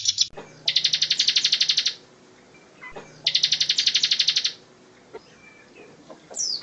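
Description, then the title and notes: Bar-winged prinia: two sustained, rapid, metallic trills of high pulses, each over a second long, then a few quieter slurred notes. Ciblek ngebren song, used as training material for White-rumped shama (murai batu). "Ciblek Ngebren Untuk Masteran Murai Batu. Suara burung ciblek"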